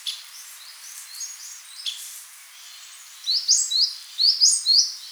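Eurasian Blue Tit calls: soft high chirps at first, then two quick bursts of three sharp, thin, high-pitched notes near the end.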